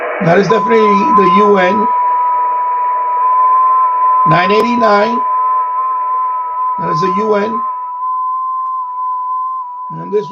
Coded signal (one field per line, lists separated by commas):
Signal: FT8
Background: speech